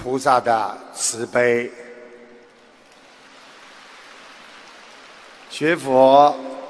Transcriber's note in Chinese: 掌声